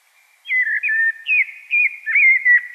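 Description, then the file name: Common blackbird song: a clean series of low, fluted whistled notes, gently rising and falling in a smooth, leisurely phrase. "Turdus merula"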